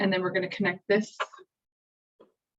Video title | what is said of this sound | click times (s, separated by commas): Limbs and Things Standard Catheterization Trainer | to the reservoir and it just clicks into place once you hear the click there'll be some Bubbles as the air kind of | 2.2 s